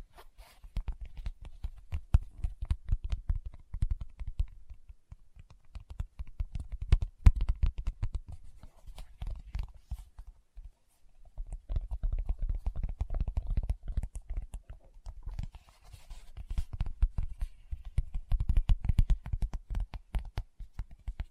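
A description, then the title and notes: Fingertips tap in quick, uneven flurries, each tap a short dull knock with a soft thump underneath. The tapping runs almost continuously, like typing, pauses briefly around the ten-second mark, then resumes just as dense and irregular until the end. ASMR Tapping with Fingertips (No Talking).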